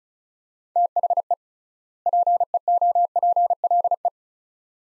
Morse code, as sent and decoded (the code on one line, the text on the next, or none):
- .... . / .--. . --- .--. .-.. .
THE PEOPLE